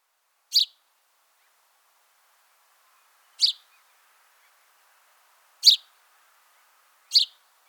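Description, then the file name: House sparrow calling with four single sharp chirps, spaced irregularly, over a faint steady hum. "Passer domesticus"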